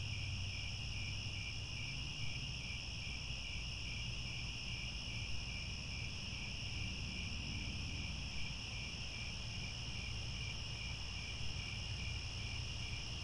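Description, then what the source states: Steady cricket chorus, fast repeated chirps and layered high trills continuing without pause, low constant hum beneath. Chorus of crickets at twilight as the sun sets.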